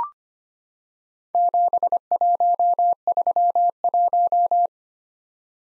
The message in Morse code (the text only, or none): 7131